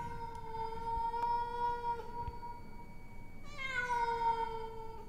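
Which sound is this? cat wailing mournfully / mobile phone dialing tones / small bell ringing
cat wailing mournfully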